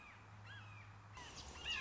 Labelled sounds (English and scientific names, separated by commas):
Red-shouldered Hawk (Buteo lineatus)